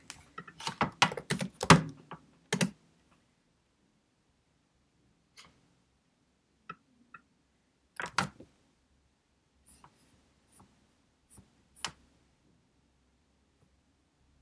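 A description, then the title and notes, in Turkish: Computer keyboard typing in a quiet room, with a quick burst of keystrokes in the first three seconds, then scattered single clicks and short pairs through the rest. The keys sound crisp. A faint low hum runs underneath throughout. Kurşun kalem ve bilgisayar ile ders çalışma; ortam sesleri, beyaz gürültü alt yapısı, kurşun kalem, klavye, mouse sesleri.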